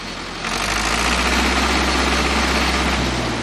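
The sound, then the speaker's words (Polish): The engine of an Ursus 360 tractor, weighing about 2 tons, idles steadily with a low, rumbling drone and a broad mechanical rattle, growing slightly louder after the first half second and holding constant with no voices. “Myślę, takie konstrukcje są takie z rur mocne, że wytrzymuje napór tych 2 ton, bo tak mniej więcej Ursus 360 waży i w razie przewrotki jest kierowca trochę uchroniony.”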